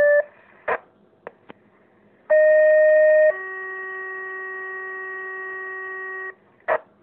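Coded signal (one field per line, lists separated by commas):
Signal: two-tone page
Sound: a buzzy one-second tone, then a lower three-second tone, with clicks around them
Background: handling clicks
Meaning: The uploader's fire station is being dispatched (toned out)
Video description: My station getting toned out at 52 seconds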